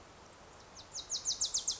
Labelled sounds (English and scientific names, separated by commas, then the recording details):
Wilson's Warbler (Cardellina pusilla)
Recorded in Sonoma County, California